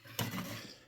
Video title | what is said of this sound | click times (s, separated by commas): Transformers Studio Series Ultra Magnus review | and then this red panel here can come all the way down and it will kind of lock into place there | 0.2 s